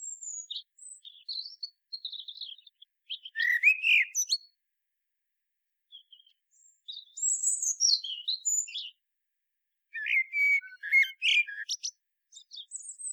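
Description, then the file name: Common blackbird song mixed with high thin squeaky twitters and scratchy notes; a few low fluty whistles appear among the phrases, and the pauses between them are quiet. "Turdus merula"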